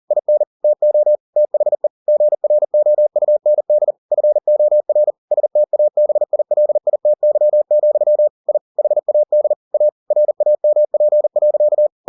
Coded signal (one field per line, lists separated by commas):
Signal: Morse code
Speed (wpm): 40 wpm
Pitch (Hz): 600 Hz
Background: none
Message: IN TO THE GROUND FOR STABILITY, I HAD A RAMP.